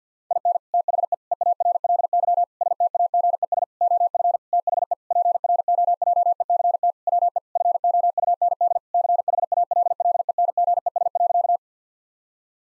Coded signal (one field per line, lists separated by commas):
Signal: Morse code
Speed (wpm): 50 wpm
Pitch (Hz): 700 Hz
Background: none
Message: IN THE EARLY STAGES OF THE PROJECT WE FOUND CHALLENGES.